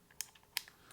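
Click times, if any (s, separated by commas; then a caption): 0.2 s, 0.6 s. A hinged panel on the back of a Fujifilm X-H2S camera body, near the two fan screw holes, is folded back into its recess. Two sharp plastic snaps sound at 0.2 s and 0.6 s, with fainter small clicks and rattles around them. The panel snaps into place, seated.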